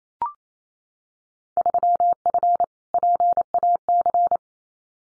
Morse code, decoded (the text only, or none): 3F PAC